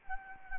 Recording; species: mosquito wingbeat signal from an infrared sensor; Anopheles gambiae